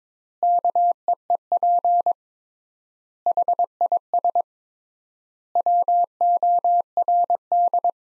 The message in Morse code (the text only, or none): KEEP HIS WORD